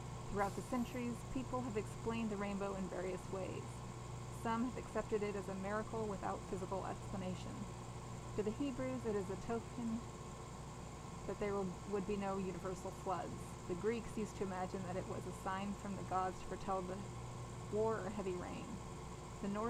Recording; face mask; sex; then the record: reading aloud; surgical mask; female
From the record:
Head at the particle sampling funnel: turned sideways, cheek in front of it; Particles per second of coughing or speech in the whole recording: 0.843